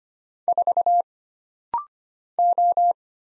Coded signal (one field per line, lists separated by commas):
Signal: Morse code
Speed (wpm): 25 wpm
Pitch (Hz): 700 Hz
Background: none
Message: 4 O